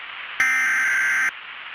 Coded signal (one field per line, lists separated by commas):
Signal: Emergency Alert System (SAME) tones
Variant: header bursts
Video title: A special look, the object flags, An EAS scenario, August 2 2024, coming soon